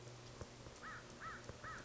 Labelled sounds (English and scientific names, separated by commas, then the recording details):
American Crow (Corvus brachyrhynchos)
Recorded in Sonoma County, California